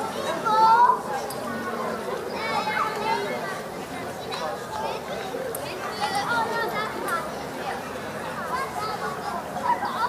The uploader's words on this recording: Audio Journeys of Berlin: Summer Evening Joy and Child Play. Step into a blissful summer evening in Berlin with this immersive audio journey. Begin at the joyful hum of a children's playground.